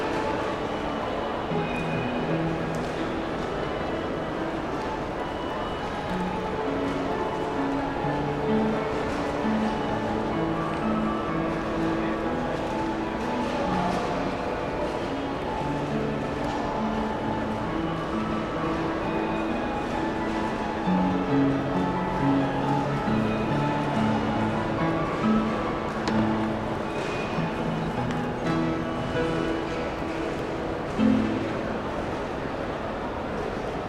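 A busy city train station hall, with someone playing the public piano through a steady wash of crowd chatter and footsteps. The piano notes run continuously in the low and middle range, growing a little fuller after about twenty seconds, with a sharp knock near thirty-one seconds.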